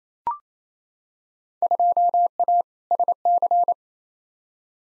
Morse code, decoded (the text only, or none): 2A SC